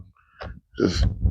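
A part of a solar street light is being pushed into its mounting bracket's clip. Someone says a word, then snorts and clears their throat over low rustling. Nothing has clicked or seated yet.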